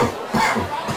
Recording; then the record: coughing mixed with background sound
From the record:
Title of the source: Spring Cold Coughing 2